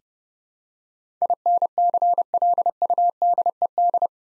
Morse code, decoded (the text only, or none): INCLUDED